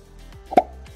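The plastic knob on the back of a toy suction cup is pushed into a hole at the base of a plastic arm and slid up, then pushed hard because a small gap remained. Two sharp plastic snaps ring out at 0.5 s and 0.6 s, and the knob locks into place in the arm base.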